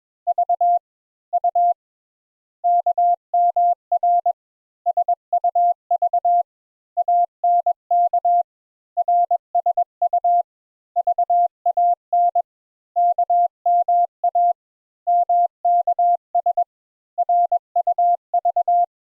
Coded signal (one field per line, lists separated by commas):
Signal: Morse code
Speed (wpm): 21 wpm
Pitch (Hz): 700 Hz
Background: none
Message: V U KMR SUV ANK RSU VAN KMA MKS RUV